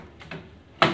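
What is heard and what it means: The locking arm on a Robot Coupe J 100 Ultra juice extractor base is pushed down to lock the lid assembly in place. Two faint clicks at about 0.2 s and 0.3 s come before a sharp, loud latch click at 0.8 s. The lid locks down and the juicer is ready to go.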